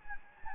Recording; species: mosquito wingbeat signal from an infrared sensor; Anopheles gambiae